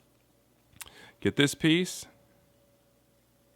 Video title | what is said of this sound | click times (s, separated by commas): Soul of Chogokin GX-45 Shin Mazinger Z Review | you'll get it in there so push that in there clicks into place very firm and very securely | 0.8 s